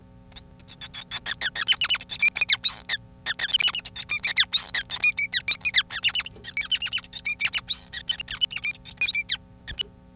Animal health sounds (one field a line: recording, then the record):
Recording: song of a male Bengalese finch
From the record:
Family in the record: son of father 5